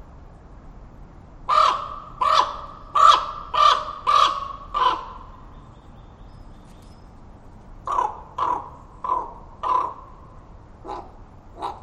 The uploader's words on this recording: I went to Totem Park this morning around 9:30am. All the sounds a raven made from the branches overhead.